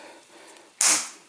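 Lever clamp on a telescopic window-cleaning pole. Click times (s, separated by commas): 0.8 s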